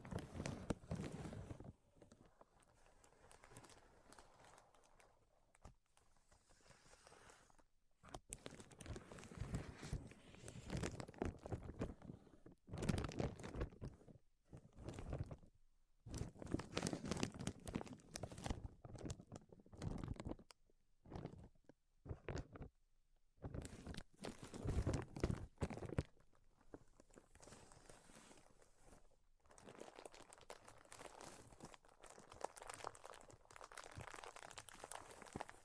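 Tapping, scratching and tracing sounds come in uneven bursts, some dense runs of rapid crackly strokes lasting several seconds, others brief clusters of taps. Short silent gaps break them up, especially between 15 and 25 seconds, and a quieter, softer rustling fills the final stretch.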